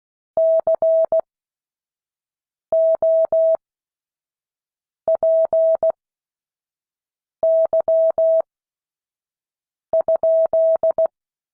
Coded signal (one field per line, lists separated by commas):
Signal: Morse code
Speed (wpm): 16 wpm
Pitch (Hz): 650 Hz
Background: none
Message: COPY?